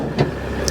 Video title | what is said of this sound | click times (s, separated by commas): Hitching & Unhitching Your 5th Wheel RV Safely - Reversing Tips & More from CCRV UK | and the handle goes over to the other side there and that's safely locked in so that's you basically locked in | 0.7 s